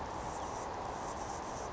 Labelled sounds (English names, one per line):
Anna's Hummingbird